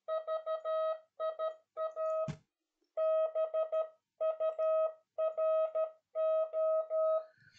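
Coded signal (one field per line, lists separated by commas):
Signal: Morse code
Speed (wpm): 13 wpm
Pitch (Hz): 640 Hz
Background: none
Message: VIA BURO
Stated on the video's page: Spanish Morse code lesson on service abbreviations from a naval communications engineering school.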